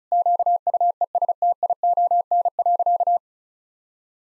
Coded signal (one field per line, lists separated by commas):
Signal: Morse code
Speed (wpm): 34 wpm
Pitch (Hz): 700 Hz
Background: none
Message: QUESTION.